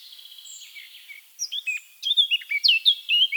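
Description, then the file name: Eurasian blackcap song: a quiet scratchy warble opening into loud, clear fluting whistles in varied phrases. "Sylvia atricapilla"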